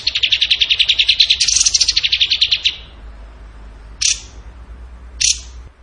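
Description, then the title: Bird song: a long, pulsing buzzy trill, then two short, sharp chip notes. Training song (masteran) in the tembakan gacor style. "Masteran Burung Tembakan Gacor"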